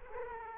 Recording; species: mosquito wingbeat signal from an infrared sensor; Aedes aegypti